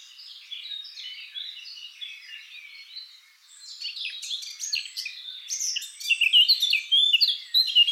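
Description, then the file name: Eurasian blackcap song: soft, hurried chattering for three seconds, a short pause, then a louder, richer run of clear fluty warbles. "Sylvia atricapilla"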